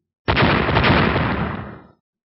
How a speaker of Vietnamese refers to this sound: Những tiếng nổ rung trời vang lên, Diệp Hàm cảm giác giống như có một bàn chưởng khổng lồ đang vỗ mạnh lên trên cái lò lửa, mạnh đến nỗi hắn đang ở bên trong tiểu đỉnh cũng cảm thấy lực lượng kinh khủng.